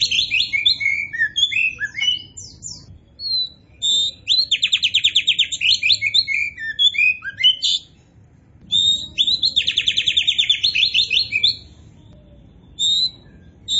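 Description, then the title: Oriental magpie-robin song: long fast buzzy trills alternating with clear whistled slurs, delivered in extended bursts with brief pauses. Oriental magpie-robin of the poci type in gacor form (steady, vigorous singing). "Kacer Poci Gacor"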